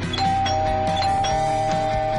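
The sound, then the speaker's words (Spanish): An electronic doorbell rings loudly, a sustained bright tone layered with a few repeated chiming strikes over about two seconds, with no talking. “Timbre, hace un ruido de timbre.”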